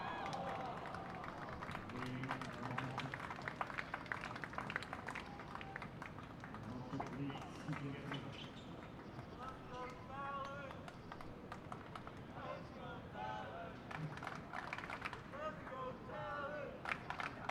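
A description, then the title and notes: Sharp, irregular knocks of a tennis match sound every second or so, with footsteps and scuffs between them. Quiet chatter murmurs underneath, and short stacked tones of voices rise around 10 to 17 seconds over a steady low rumble. Night time tennis match. Late at night there's a tennis match.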